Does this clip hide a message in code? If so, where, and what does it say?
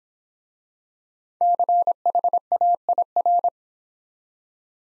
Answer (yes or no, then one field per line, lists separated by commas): yes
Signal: Morse code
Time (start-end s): 1.4-3.5 s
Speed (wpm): 26 wpm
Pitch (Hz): 700 Hz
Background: none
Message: CHAIR